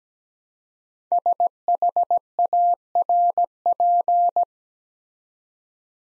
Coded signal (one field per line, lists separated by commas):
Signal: Morse code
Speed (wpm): 17 wpm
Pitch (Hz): 700 Hz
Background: none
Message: SHARP